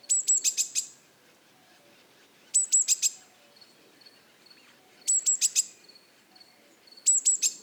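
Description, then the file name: Great tit calls: short bursts of four or five sharp, high, clicking notes repeated about every two and a half seconds, with faint thin tonal peeps between bursts. "Parus major"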